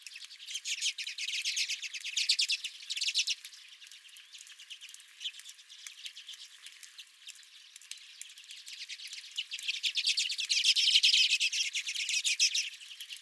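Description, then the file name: Redpolls twittering in a busy chorus, fast dry trilled notes swelling loudest near the end. Several redpolls at the recordist's feeder. "Redpolls at My Feeder"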